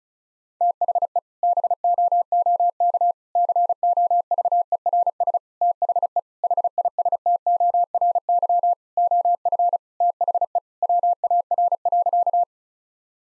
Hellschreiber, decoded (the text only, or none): none